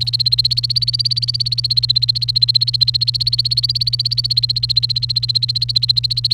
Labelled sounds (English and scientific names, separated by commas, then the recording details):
Domestic Canary (Serinus canaria) song
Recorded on 29 April 2018 at 12:15
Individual llb3